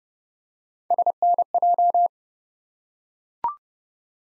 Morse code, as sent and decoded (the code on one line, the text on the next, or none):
... -. .---
SNJ